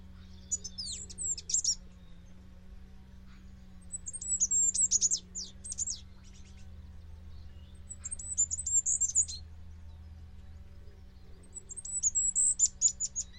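Bird song in high, rapid bursts of sharp descending chirps and trills, repeated about every four seconds over a steady low hum.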